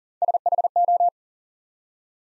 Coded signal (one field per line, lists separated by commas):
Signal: Morse code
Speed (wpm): 37 wpm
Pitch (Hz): 700 Hz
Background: none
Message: SHO